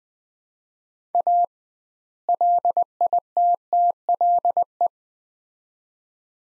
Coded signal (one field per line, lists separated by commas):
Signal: Morse code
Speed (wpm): 21 wpm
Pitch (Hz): 700 Hz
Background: none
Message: A LITTLE